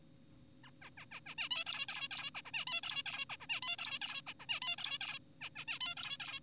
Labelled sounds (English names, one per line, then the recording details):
Zebra Finch
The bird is an adult
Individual g4p5U